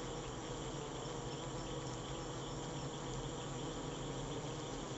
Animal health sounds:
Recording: honeybee defence experiment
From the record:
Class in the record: control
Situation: empty test tube, no live specimens

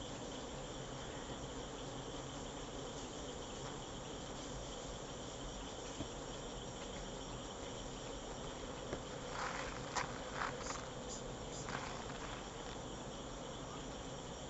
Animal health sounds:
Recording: honeybee defence experiment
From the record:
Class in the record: control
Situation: empty test tube, no live specimens

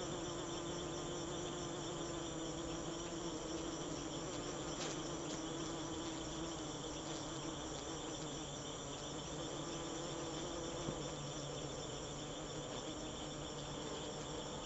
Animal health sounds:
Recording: honeybee defence experiment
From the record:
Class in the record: alert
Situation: Africanized honeybees facing leafcutter ants (Atta)

